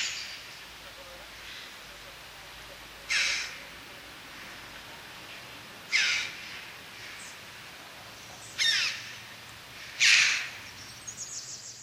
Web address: Gracchio corallino